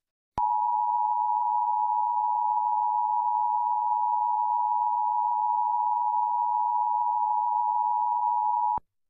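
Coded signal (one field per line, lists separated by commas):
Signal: Emergency Alert System (SAME) tones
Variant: 853 and 960 Hz attention tone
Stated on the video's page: Fake, simulated Emergency Alert System scenario about an asteroid impact; never actually happened.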